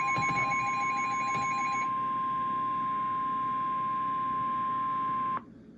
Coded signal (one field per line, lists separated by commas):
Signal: Emergency Alert System (SAME) tones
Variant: 1050 Hz attention tone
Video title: Flash Flood Warning (EAS #459)